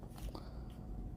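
A fastener on a TruBliss Sova bassinet frame is turned into its hole in the frame, with faint rubbing and soft handling noises. A sharp click at 0.4 s marks the fastener seating all the way into the hole.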